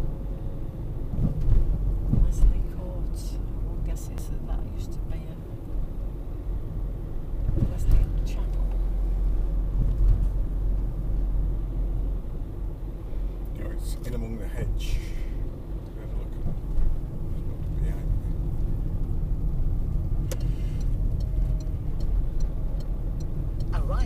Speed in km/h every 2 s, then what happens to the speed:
35, 32, 31, 32, 34, 34, 34, 32, 31, 27, 26, 27.
0-12 steady at about 34. 12-24 slows to 27.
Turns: none.